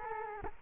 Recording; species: mosquito wingbeat signal from an infrared sensor; Culex quinquefasciatus